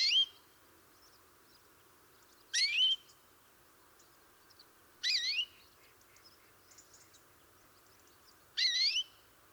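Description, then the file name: European greenfinch repeating a rising, whistled, slurred call four times, roughly every two and a half to three and a half seconds, with faint high chirps in the background. "Chloris chloris"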